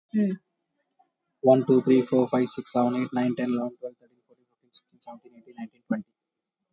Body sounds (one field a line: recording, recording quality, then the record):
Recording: counting at a fast pace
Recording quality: excellent, no background noise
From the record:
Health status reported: COVID-19 positive, no symptoms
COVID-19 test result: positive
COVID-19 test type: RT-PCR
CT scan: not taken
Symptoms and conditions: fatigue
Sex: male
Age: 36 years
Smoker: no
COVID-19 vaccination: one dose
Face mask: worn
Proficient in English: yes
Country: India